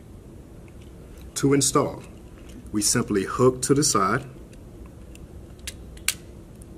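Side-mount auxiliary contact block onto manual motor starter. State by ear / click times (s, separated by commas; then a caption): seated / 6.1 s. A side-mount auxiliary contact block is hooked onto the side of a Schneider Electric TeSys GV2 IEC manual motor starter, with the contact carrier in the Up position, while someone talks. After the speech, light handling noises follow. The block is pressed and snaps into place with a sharp click at 6.1 s, seated.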